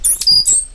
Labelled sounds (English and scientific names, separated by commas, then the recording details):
Stitchbird (Notiomystis cincta) song
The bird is a male
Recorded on Tiritiri Matangi Island, New Zealand, in 2005
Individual 8, of nest box 10